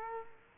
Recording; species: mosquito wingbeat signal from an infrared sensor; Culex quinquefasciatus